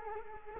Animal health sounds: mosquito wingbeat signal from an infrared sensor; Culex quinquefasciatus

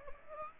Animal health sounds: mosquito wingbeat signal from an infrared sensor; Aedes aegypti

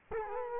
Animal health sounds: mosquito wingbeat signal from an infrared sensor; Culex quinquefasciatus

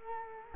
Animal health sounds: mosquito wingbeat signal from an infrared sensor; Culex quinquefasciatus

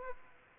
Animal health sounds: mosquito wingbeat signal from an infrared sensor; Aedes aegypti

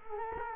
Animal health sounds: mosquito wingbeat signal from an infrared sensor; Culex quinquefasciatus

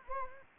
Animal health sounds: mosquito wingbeat signal from an infrared sensor; Anopheles gambiae

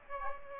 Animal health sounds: mosquito wingbeat signal from an infrared sensor; Aedes aegypti

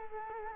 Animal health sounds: mosquito wingbeat signal from an infrared sensor; Culex quinquefasciatus

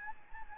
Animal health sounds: mosquito wingbeat signal from an infrared sensor; Anopheles gambiae

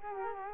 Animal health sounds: mosquito wingbeat signal from an infrared sensor; Culex quinquefasciatus

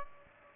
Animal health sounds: mosquito wingbeat signal from an infrared sensor; Aedes aegypti

